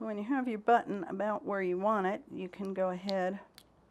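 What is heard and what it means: Someone talks while positioning the plastic or metal back of a fabric-covered button over the shank of the covered button front, ready to press it on with the kit's tool. Only speech is heard, fading out near the end. Nothing has seated or clicked yet.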